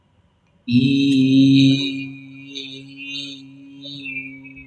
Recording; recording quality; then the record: sustained vowel as in beet; excellent, no background noise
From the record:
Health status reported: healthy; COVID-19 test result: negative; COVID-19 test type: RT-PCR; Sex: male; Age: 22 years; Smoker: no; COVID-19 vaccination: one dose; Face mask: not worn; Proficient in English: yes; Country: India